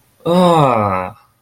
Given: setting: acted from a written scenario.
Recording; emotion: vocal sound without words; negative surprise